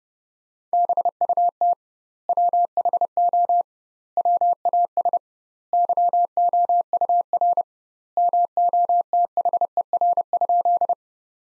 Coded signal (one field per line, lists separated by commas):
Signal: Morse code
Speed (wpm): 30 wpm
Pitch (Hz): 700 Hz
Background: none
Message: BUT WHO WAS YOUR MOTHER?